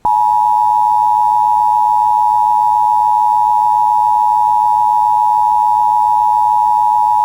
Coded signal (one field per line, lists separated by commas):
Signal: Emergency Alert System (SAME) tones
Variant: 853 and 960 Hz attention tone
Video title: [EAS] Severe Thunderstorm Watch 576 for Becker and Otter Tail Counties (July 29, 2024)